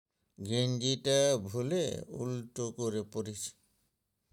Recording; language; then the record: elicited speech; Bengali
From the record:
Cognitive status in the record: dementia